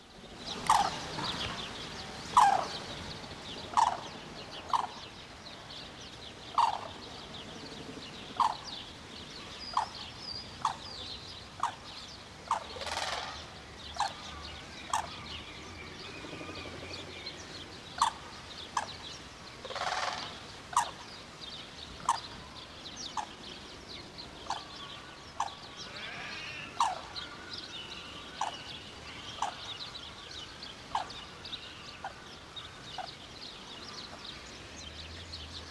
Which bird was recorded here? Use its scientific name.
Grus vipio